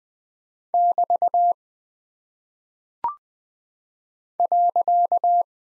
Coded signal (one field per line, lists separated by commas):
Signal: Morse code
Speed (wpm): 20 wpm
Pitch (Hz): 700 Hz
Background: none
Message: <BT> .